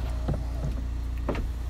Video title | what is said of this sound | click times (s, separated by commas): Audi A4 Cabriolet 2.0 TDI S Line 2dr For Sale | and hey presto it's locked into place so there we go folks that's your car beautiful stunning metallic | 1.3 s